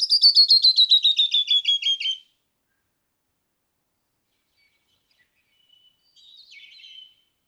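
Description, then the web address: Canyon wren song, a fast falling run of whistled notes over two seconds, then quiet before faint buzzy notes. "birdsongforthecurious songs Canyon wren"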